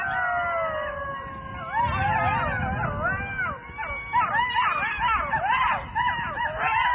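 Dog howls, several overlapping wavering howls that rise and fall, breaking into quicker yipping whines toward the end.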